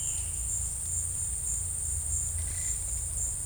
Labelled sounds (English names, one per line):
none